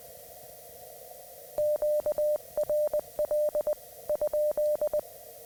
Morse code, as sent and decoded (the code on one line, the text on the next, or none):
--.- .-. .-.. / ..--..
QRL ?